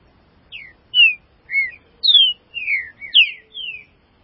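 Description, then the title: Green-winged saltator song: a phrase of several slurred, mostly falling whistled notes, each clear and full, against a quiet background. "Trinca Ferro"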